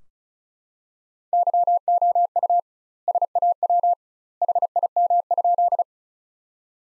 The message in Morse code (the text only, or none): YOU SAW HIM?